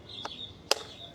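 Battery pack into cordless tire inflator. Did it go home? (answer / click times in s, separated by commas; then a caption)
yes / 0.7 s. A rechargeable battery pack is slid along its rail into a Blackfoot cordless tire inflator. A faint tap at 0.3 s is followed by a sharp, bright latch click at 0.7 s. The battery seats, connecting it so the pump powers on.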